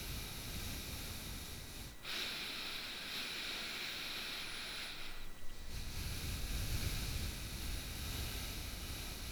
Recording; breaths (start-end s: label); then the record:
nose breathing near a microphone
0.00-1.80 s: exhalation
1.80-5.42 s: inhalation
5.42-9.32 s: exhalation
From the record:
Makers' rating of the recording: bad